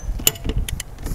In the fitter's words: you hear that click it's tight and